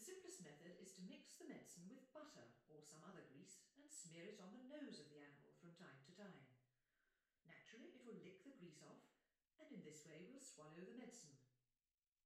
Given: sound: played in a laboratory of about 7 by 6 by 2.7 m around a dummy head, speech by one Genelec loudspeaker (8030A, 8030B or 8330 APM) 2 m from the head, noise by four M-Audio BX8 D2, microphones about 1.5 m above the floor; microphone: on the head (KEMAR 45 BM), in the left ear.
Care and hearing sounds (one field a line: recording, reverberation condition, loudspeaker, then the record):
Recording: female speech in English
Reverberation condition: medium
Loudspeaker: 60 degrees to the right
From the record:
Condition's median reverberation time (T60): about 510 ms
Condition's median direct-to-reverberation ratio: about -0.5 dB